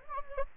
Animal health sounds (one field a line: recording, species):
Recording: mosquito wingbeat signal from an infrared sensor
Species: Anopheles gambiae